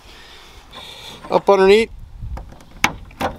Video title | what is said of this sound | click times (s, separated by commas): Best Cargo Net for Toyota Tacoma under $50 "The TacoNet" | clicks into place so there you have it | 2.8 s